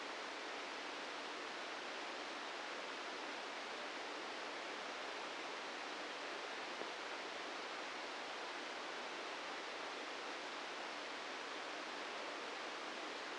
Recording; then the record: brain microelectrode recording played as sound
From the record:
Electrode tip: outside the subthalamic nucleus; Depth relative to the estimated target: 3 mm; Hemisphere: right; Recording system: NeuroSet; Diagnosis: Parkinson's disease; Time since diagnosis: 9 years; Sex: male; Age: 61 years